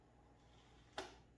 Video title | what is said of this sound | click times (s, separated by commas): Best Shoulder Holster in the World - Dirty Harry Holster - Extreme Cop - Breaking Red Nichols Myth | and you hear that snap | 1.0 s